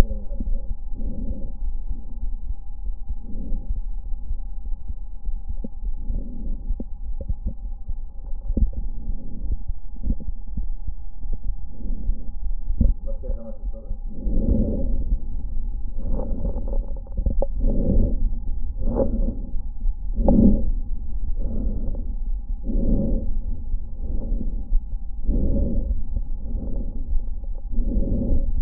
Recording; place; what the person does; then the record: lung sounds by stethoscope; left anterior apical chest; quiet breathing, then deep breathing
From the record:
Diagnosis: interstitial lung disease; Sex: female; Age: 70 years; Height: 160 cm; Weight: 93 kg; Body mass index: 36.3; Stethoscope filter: diaphragm mode